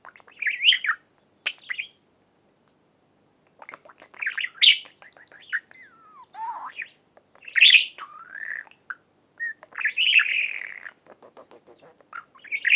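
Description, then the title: Budgerigar warbling: buzzy trills mixed with clear whistled slides that fall and rise, and sharp squeaks, in irregular bursts. "Budgie Sounds"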